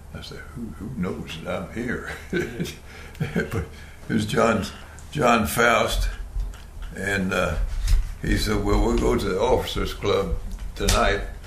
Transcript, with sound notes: I said, “who, who knows that I am here?” [Chuckling] But it was John, John and…he said, “well, we’re going to the officer’s club tonight.”